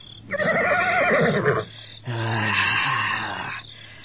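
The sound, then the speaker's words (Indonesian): A somewhat wild horse in a stable neighs twice, two loud whinnies with a wavering, quivering pitch, each lasting more than a second, separated by a short pause and heard with no talking. “Jangan berisik kuda tolol.”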